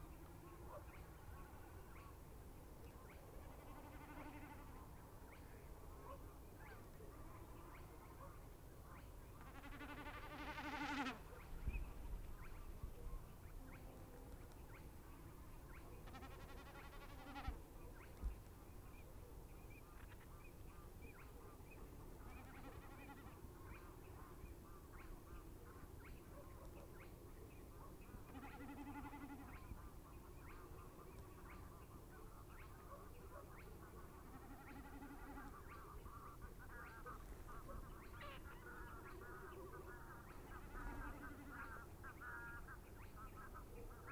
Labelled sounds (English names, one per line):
Common Snipe bleating